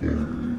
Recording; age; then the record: pig call; growing-finishing pig (85 days or more)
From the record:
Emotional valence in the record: negative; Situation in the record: barren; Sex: female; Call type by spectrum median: low-frequency call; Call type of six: low-frequency modulated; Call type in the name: low-frequency modulated, not sure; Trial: 3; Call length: 0.59 s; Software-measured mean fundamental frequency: 57 Hz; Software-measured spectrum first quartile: 138 Hz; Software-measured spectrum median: 235 Hz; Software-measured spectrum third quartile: 354 Hz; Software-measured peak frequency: 235 Hz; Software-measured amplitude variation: 170 dB a second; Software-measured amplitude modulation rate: 28.8 a second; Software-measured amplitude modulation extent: 5.9 dB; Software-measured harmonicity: 2.8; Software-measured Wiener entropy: -0.63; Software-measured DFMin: 1431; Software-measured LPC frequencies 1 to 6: 286, 1470, 3439, 4601, 5649, 6336 Hz